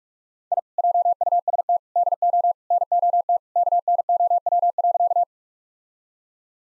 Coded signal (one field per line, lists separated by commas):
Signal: Morse code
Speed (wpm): 42 wpm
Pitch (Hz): 700 Hz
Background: none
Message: I JUST DO NOT KNOW.